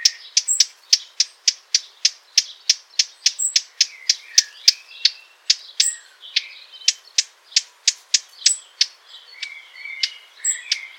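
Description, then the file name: Eurasian blackcap calling with hard, dry clicking tacks repeated rapidly and steadily, with faint warbling notes in the background. "Sylvia atricapilla"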